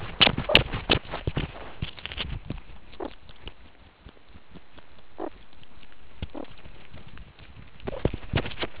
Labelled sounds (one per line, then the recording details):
meerkat close call
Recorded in the Kuruman River Reserve, South Africa
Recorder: an audio tag on a meerkat's collar